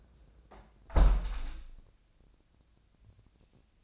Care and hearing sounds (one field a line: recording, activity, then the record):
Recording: daily activity, microphone in the room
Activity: close window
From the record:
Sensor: 2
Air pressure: 1012.1 hPa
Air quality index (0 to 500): 123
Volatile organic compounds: 1 ppm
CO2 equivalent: 912 ppm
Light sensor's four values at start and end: 109/260/107/106 and 110/264/108/107